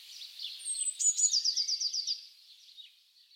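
Bird calling with a bright, rapid trill of several repeated high notes after a brief whistle, fading into a faint hiss.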